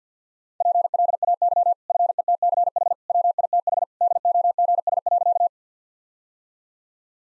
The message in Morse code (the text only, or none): PLAY FETCH WITH DOGS.